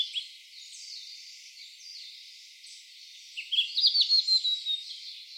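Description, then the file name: Flycatcher song: after faint scattered chirps, one loud phrase of rapid notes ending in a falling whistled trill near the end. "tledekanlaut. omkicau"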